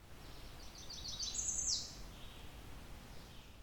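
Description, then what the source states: American Redstart song: a short series of very high, thin notes rising in pitch and ending abruptly, over soft background hiss. Short, variable song that often ends abruptly or with an accent; a persistent singer with only a few seconds between songs; may sound like it mimics other warblers.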